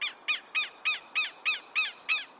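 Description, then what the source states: Southern Lapwing cackle, piercing harsh notes repeated about three times a second in an even series. Described as piercing cackles.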